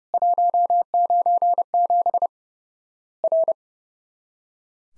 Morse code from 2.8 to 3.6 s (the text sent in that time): R